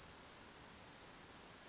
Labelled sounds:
Western Flycatcher (Empidonax difficilis)

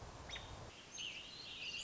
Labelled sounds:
American Robin (Turdus migratorius)

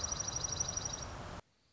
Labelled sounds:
Dark-eyed Junco (Junco hyemalis)

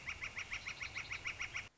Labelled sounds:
Northern Flicker (Colaptes auratus)

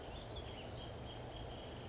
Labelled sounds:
Western Flycatcher (Empidonax difficilis)

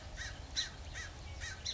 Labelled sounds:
American Crow (Corvus brachyrhynchos)

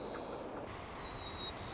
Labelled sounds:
White-crowned Sparrow (Zonotrichia leucophrys)

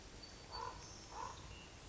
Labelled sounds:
Common Raven (Corvus corax)

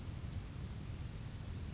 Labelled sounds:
Western Flycatcher (Empidonax difficilis)

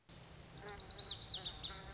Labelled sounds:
Lazuli Bunting (Passerina amoena)

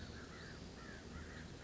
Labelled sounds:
American Crow (Corvus brachyrhynchos)

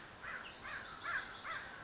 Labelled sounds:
American Crow (Corvus brachyrhynchos)

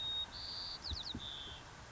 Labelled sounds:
White-crowned Sparrow (Zonotrichia leucophrys)

